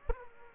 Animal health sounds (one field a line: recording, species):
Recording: mosquito wingbeat signal from an infrared sensor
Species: Aedes aegypti